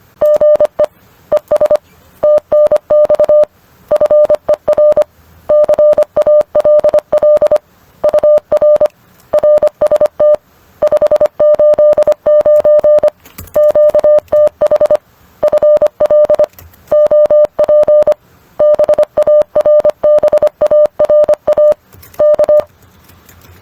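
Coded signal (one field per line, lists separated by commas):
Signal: Morse code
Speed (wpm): 25 wpm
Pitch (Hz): 600 Hz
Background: none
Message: GE ES TNX FER CALL UR RST 589 QTH FL OP BARBARA K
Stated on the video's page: Morse practice drill of QSO protocols and scripts from SKCC or LICW.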